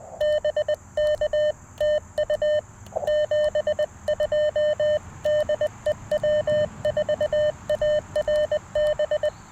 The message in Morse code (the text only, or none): BK TU 72 DE W4ARB